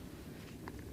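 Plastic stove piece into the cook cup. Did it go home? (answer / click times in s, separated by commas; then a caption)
no / none. A plastic stove piece is handled against the cook cup of a Jetboil MiniMo while it is being packed, giving low rustling handling noise with a brief sharp tap near 0.7 s. The piece has not yet snapped into place; nothing has seated or clicked yet.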